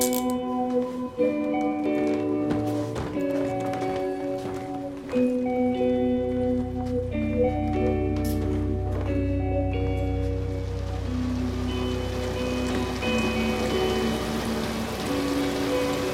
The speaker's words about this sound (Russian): Девушка под дождем идет по улице города.